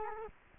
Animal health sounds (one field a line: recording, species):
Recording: mosquito wingbeat signal from an infrared sensor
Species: Culex quinquefasciatus